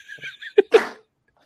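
An adult man's brief voiced wind-up and a sharp catch, then one explosive, slightly wet sneeze ending in silence.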